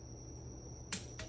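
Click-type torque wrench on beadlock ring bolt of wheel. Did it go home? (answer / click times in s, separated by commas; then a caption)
yes / 0.9 s. A click-type torque wrench set to 24 ft-lb tightens a beadlock ring bolt on a forged aluminum wheel. Over a steady low hum and a faint high whine, a sharp click sounds at 0.9 s as the wrench breaks over at its setting, followed by a softer second tick at 1.2 s.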